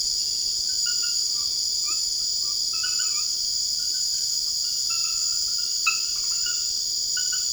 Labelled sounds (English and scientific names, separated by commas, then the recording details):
none
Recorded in secondary vegetation near Puerto Asís, Putumayo, Colombia, on 12 March 2025 at 23:30
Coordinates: 0.488, -76.319
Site G095